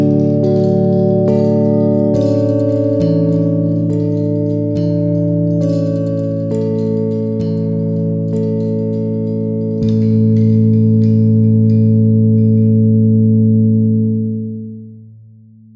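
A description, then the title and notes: Golden plates are struck with a mallet, each hit a sharp metallic strike at intervals of roughly one to two seconds, leaving long overlapping low and mid ringing tones. After a final strike near ten seconds, the sound rings on steadily and fades out around fourteen seconds. 5Elements - Instruments - Golden Plates - Mallet. A powerful and iconic collection of handmade instruments, designed by Svaram Musical Instruments & Research.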